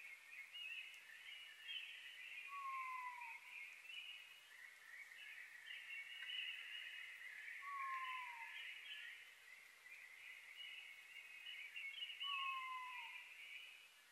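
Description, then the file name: Oriental scops owl: three short downslurred whistles, evenly spaced about every five seconds, against a constant buzzing high chorus. Recorded 21 May 2011 at 19:12; Japanese name konohazuku. "konohazuku 20110521-1912"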